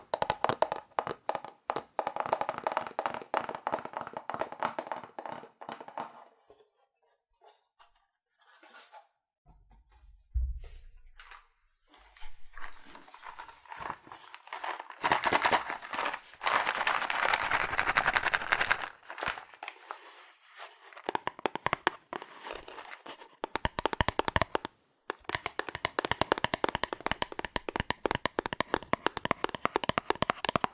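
Fast, aggressive tapping on cardboard comes in dense bursts of sharp, dry knocks with a crinkly, papery edge. The first six seconds are busy, then a quieter patch with a low thump near ten seconds, followed by renewed rapid rattling through the end.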